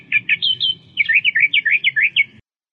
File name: suara kicauan burung kerakbasi australia. omkicau